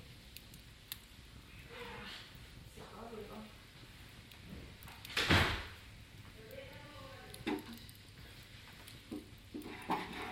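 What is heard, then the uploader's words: Quiet voices murmur by a crackling fireside, with soft speech drifting in around two, three and seven seconds. Sharp pops and clatters break through, the loudest near five seconds, over a low steady rumble. Fireside at Albergue Peón. 2 minutes of feet up around the hearth, a crackling blaze and considerate pilgrims. Recorded along del Norte, the northern coastal route of the Camino de Santiago network of pilgrimage paths converging in Spain. These tiny meditations are made with binaural microphones.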